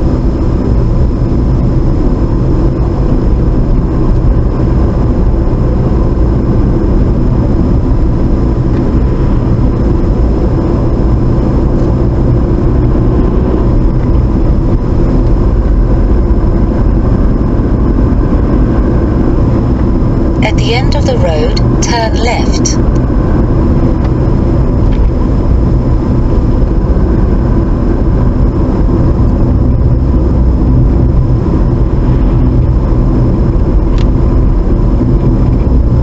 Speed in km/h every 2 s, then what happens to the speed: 39, 42, 45, 45, 44, 45, 48, 50, 53, 53, 53, 53, 50, 52, 48, 48, 47, 47.
0-4 speeds up to 45. 4-9 steady at about 45. 9-16 speeds up to 53. 16-22 steady at about 53. 22-36 slows to 47.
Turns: none.